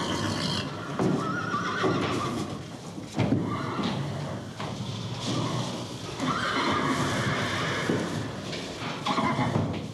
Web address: Madacy Music Group Inc 292 Sound Effects 256-Horses Neighing